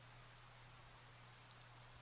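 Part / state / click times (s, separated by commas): volume potentiometer into printed circuit board / not seated / none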